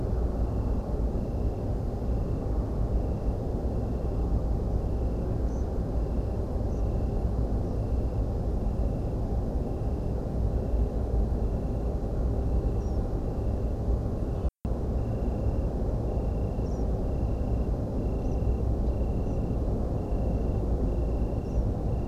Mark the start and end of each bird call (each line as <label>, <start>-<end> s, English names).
European Pied Flycatcher, 5.49-5.63 s
European Pied Flycatcher, 6.69-6.82 s
European Pied Flycatcher, 12.80-12.98 s
European Pied Flycatcher, 16.65-16.83 s
Tree Pipit, 18.24-18.34 s
European Pied Flycatcher, 19.20-19.37 s
European Pied Flycatcher, 21.45-21.63 s